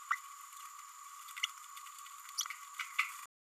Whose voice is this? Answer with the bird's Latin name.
Forpus passerinus